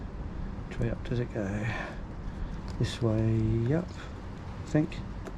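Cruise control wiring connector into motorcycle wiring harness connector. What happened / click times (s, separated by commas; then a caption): The connector is being lined up by hand and has not clicked home yet / none. A plastic cruise control wiring connector from a Veridian Cruise kit is handled against the wiring harness connector of a Suzuki V-Strom 800RE/800DE/800SE or GSX-8S/GSX-8R motorcycle while someone works out which way up it goes. Someone talks over faint background hum and light handling noises. Nothing has seated or clicked yet.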